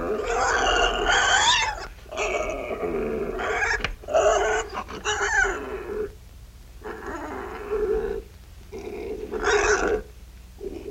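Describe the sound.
Pig making harsh grunts and higher, wavering squeal-like calls in uneven bursts, some longer and rising, over a constant low background hum.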